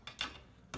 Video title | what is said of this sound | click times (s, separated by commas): AK-47 vs. AR-15 | up into the groove at the front of it and then literally just pops into place like that | 0.2 s